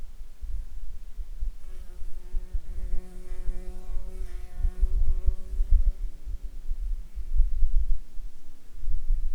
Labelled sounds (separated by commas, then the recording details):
insects
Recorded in Ivvavik National Park, Yukon, on 4 July 2019 at 15:17
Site SINP09